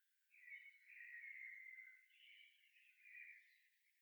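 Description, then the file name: Common blackbird song: one long, rich warbled phrase, rising and falling in pitch for over three seconds against a light hiss. "Turdus merula"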